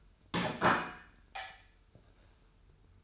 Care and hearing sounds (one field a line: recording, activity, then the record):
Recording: daily activity, microphone in the room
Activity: place plate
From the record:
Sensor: 2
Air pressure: 994.3 hPa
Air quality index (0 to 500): 210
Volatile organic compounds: 1000 ppm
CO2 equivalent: 6909 ppm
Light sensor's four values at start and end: 62/140/59/61 and 62/140/59/60